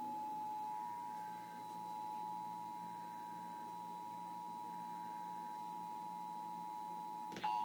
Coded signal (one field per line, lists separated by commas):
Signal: Emergency Alert System (SAME) tones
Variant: 853 and 960 Hz attention tone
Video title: Very first national EAS Test